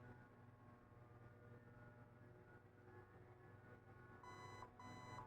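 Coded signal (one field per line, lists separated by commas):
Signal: beep code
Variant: Zius airsoft electronic trigger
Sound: low hum and room noise, then two half-second electronic beeps near the end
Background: low mechanical hum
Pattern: 2 beeps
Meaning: Reset complete; release the trigger to release the piston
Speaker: okay that's the second two beeps now you can let go of the trigger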